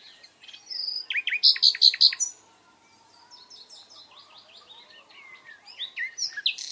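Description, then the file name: Common nightingale song: a loud phrase of rapid repeated notes, followed by quieter twittering and chattering phrases, then a louder burst at the end. "Luscinia megarhynchos"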